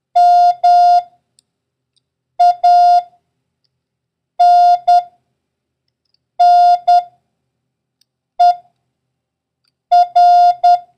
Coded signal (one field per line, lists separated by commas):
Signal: Morse code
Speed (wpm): 10 wpm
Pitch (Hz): 710 Hz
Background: none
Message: MANNER